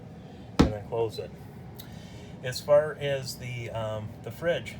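A pull-out pantry slide in an RV cabinet is pushed down and closed, giving a single loud, sharp click at 0.6 s as it shuts and seats. Someone talks afterward.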